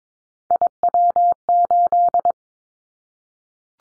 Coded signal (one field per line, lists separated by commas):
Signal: Morse code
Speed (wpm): 22 wpm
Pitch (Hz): 700 Hz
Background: none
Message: IW8